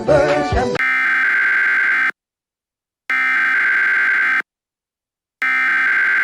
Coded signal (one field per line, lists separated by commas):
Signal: Emergency Alert System (SAME) tones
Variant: header bursts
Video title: A Randomnomicon EAS Mock Broadcast